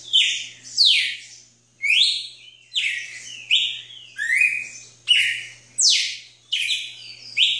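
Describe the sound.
Red-cowled cardinal song of repeated bright whistled slurs, some sweeping down sharply, others rising, given in quick succession for several seconds over a faint hum.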